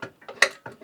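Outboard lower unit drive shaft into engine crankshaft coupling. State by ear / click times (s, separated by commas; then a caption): seated / 0.4 s. With the propeller turned, an outboard's lower unit drive shaft slides its gearcase splines into the engine crankshaft coupling. Several short mechanical rattles sound, with a sharp clunk at 0.4 seconds as the splines engage and the shaft seats in the engine.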